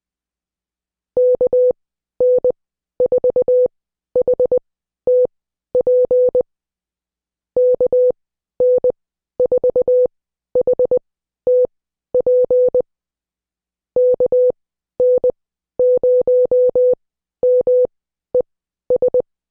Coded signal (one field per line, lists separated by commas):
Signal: Morse code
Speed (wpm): 20 wpm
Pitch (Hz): 500 Hz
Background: none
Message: KN4HTP KN4HTP KN0MES